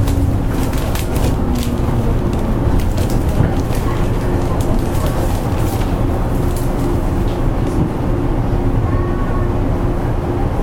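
Interior of a JR 103 series train on the Osaka Loop Line, running outbound from Tennoji to Osaka. A steady, dense low rumble with a constant motor hum fills the clip, while quick clicks and rattles recur throughout, thinning somewhat after about seven seconds.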